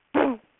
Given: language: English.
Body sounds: throat vibration sensor signal played as sound; throat clearing

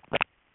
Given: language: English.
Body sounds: throat vibration sensor signal played as sound; swallow

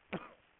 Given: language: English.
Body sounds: throat vibration sensor signal played as sound; cough

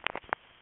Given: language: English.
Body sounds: throat vibration sensor signal played as sound; swallow

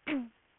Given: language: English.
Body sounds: throat vibration sensor signal played as sound; throat clearing

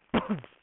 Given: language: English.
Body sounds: throat vibration sensor signal played as sound; cough

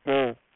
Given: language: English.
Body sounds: throat vibration sensor signal played as sound; speech

